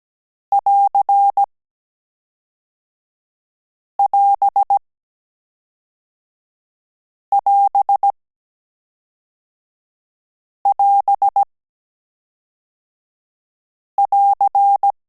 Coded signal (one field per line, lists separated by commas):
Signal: Morse code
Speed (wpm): 17 wpm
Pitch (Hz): 800 Hz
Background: none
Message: <AR><AS><AS><AS><AR>